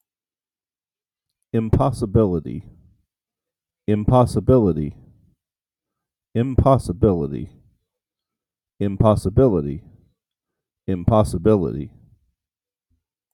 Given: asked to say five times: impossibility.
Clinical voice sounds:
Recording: repeated word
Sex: male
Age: 40 to 49 years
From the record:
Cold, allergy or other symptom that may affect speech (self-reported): no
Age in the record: 45 years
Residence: Iowa, United States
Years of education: 12

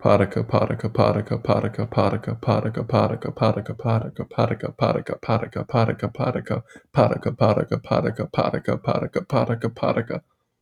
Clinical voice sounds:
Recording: repeated syllables /pa ta ka/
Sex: male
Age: 20 to 29 years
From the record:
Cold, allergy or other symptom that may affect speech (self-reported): no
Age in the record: 28 years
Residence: Texas, United States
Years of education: 20

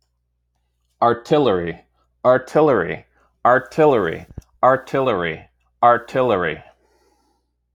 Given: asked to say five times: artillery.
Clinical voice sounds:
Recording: repeated word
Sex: male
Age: 30 to 39 years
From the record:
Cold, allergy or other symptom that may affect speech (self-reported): no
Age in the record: 35 years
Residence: Virginia, United States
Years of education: 16

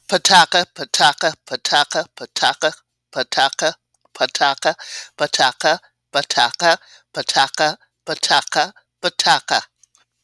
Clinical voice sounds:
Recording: repeated syllables /pa ta ka/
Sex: female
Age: 50 to 59 years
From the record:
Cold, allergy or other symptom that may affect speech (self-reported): no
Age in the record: 54 years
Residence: Georgia, United States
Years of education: 12

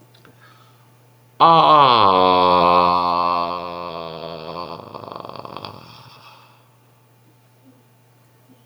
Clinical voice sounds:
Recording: vowel held as long as possible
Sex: male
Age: 30 to 39 years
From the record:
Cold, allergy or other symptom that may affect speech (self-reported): no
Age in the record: 34 years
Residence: California, United States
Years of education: 12

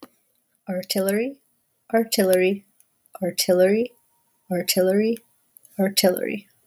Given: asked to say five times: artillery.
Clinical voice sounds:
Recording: repeated word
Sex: female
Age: 30 to 39 years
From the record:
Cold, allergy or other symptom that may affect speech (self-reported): no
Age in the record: 36 years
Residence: Virginia, United States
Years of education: 16

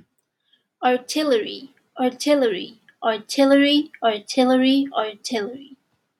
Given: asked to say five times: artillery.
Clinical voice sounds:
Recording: repeated word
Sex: female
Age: 30 to 39 years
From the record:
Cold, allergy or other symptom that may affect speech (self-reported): no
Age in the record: 32 years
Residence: Nevada, United States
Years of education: 16

